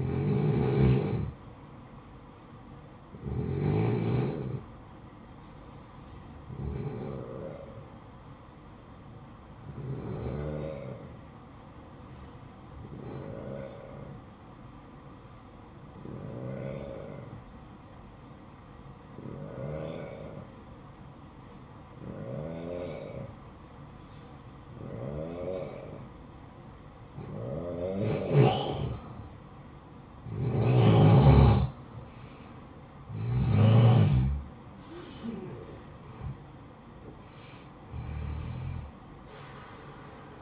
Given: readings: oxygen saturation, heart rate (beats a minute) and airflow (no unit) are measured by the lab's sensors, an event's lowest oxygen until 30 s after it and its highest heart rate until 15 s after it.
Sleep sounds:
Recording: breathing in sleep by a smartphone at the bedside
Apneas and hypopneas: 1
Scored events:
7.00-29.70 s: hypopnea (N2, oxygen 92% highest, then 89% lowest, heart rate 62 at the start, 68 highest)
28.00-40.42 s: new sleep stage, N1 (lightest sleep)
From the record:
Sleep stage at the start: N2 (light sleep)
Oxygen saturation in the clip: 91 to 92%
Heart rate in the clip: 55 to 68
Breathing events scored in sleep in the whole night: 573 in 9.8 hours asleep

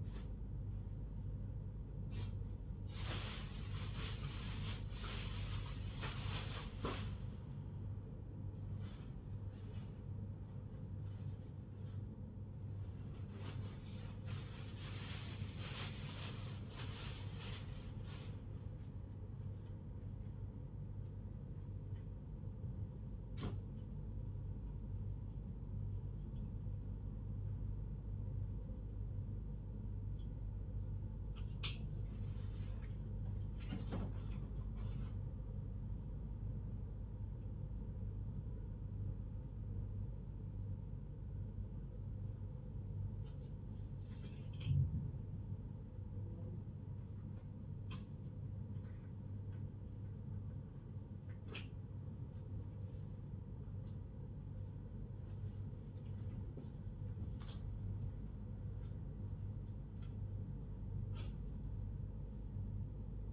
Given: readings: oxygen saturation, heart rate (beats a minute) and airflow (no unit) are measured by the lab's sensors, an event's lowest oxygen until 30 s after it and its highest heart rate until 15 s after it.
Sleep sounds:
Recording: a person awake in a sleep study, by a smartphone at the bedside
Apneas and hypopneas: none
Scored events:
none scored
From the record:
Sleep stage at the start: awake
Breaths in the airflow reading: 22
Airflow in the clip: -0.8 to 0.7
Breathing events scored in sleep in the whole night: 158 in 7.3 hours asleep

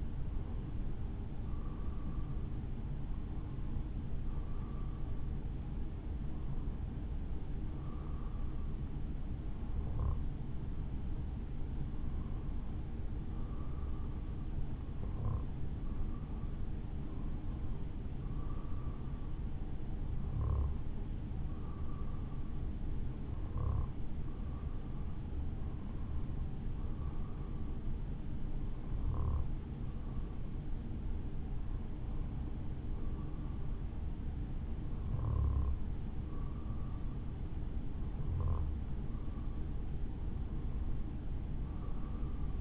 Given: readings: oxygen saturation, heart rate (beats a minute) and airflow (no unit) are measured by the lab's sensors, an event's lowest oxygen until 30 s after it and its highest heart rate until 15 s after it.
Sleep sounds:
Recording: breathing in sleep by a smartphone at the bedside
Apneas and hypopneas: none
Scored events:
none scored
From the record:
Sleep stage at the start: N2 (light sleep)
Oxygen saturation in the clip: 93 to 94%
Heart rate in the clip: 54 to 58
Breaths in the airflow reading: 14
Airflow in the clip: -3.4 to 3.7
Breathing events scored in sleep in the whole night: 216 in 7.0 hours asleep

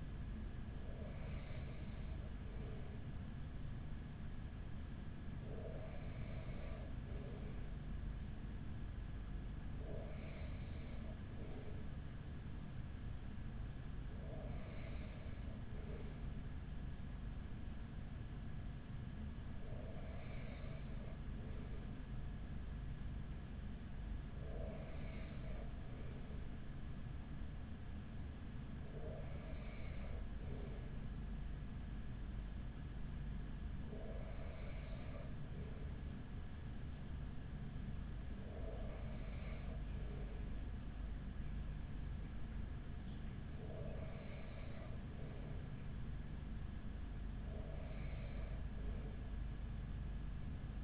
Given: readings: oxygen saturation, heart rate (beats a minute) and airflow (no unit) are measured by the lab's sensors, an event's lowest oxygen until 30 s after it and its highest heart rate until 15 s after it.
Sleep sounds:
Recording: breathing in sleep by a smartphone at the bedside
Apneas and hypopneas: none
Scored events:
none scored
From the record:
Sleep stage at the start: N2 (light sleep)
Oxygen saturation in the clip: 94 to 95%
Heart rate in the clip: 40 to 45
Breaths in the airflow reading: 11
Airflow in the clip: -6.8 to 5.3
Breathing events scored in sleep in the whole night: 207 in 7.6 hours asleep

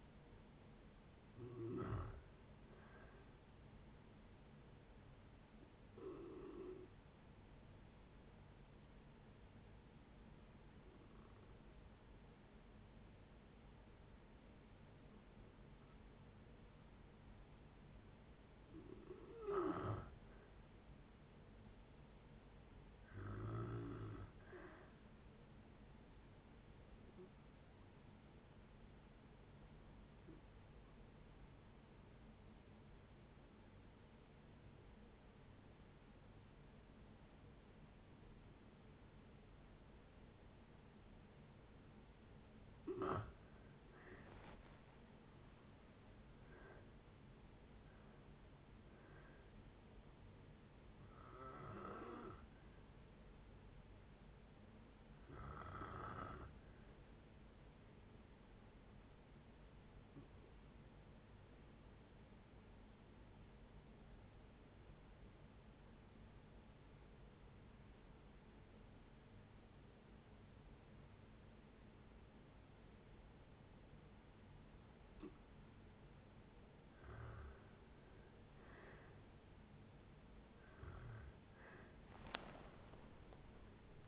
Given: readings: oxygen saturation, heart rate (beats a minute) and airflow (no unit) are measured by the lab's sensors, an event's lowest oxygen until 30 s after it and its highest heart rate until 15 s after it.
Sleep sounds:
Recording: breathing in sleep by a voice recorder at the bedside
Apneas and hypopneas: 3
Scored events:
4.00-20.30 s: hypopnea (N2, oxygen 93% highest, then 90% lowest, heart rate 70 at the start, 70 highest)
27.00-43.70 s: hypopnea (N2, oxygen 95% highest, then 84% lowest, heart rate 62 at the start, 75 highest)
36.00-66.00 s: new sleep stage, N1 (lightest sleep)
62.00-77.60 s: obstructive apnea (N1, oxygen 96% highest, then 84% lowest, heart rate 58 at the start, 79 highest)
66.00-84.08 s: new sleep stage, N2 (light sleep)
From the record:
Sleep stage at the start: N2 (light sleep)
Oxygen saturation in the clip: 77 to 96%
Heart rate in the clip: 57 to 75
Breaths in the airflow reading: 16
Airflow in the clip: -8.3 to 16.4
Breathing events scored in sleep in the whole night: 496 in 5.4 hours asleep

